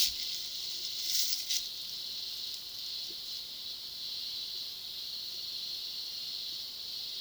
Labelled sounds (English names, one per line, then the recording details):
none
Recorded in pastures near Puerto Asís, Putumayo, Colombia, on 21 February 2024 at 09:30
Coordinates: 0.497, -76.327
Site G7276